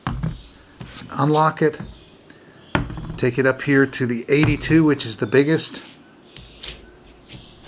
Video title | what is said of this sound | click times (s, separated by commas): RevoRing features | and it locks into place there we go there | 6.4 s, 6.6 s